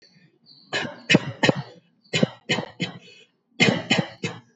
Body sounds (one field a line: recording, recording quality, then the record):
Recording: shallow voluntary cough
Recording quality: excellent, no background noise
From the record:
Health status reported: COVID-19 positive, mild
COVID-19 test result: positive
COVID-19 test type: RT-PCR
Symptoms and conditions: cough, cold, fever, fatigue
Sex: male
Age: 23 years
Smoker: no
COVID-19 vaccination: both doses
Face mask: not worn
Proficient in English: yes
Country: India